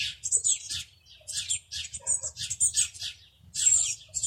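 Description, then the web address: Eurasian blue tit giving quick, thin, buzzy chatter notes in clustered bursts, a soft low rumble underneath. "cianscape birddata Deverinetal 2025 File origin Bird Only Cy Ca"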